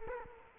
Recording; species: mosquito wingbeat signal from an infrared sensor; Culex quinquefasciatus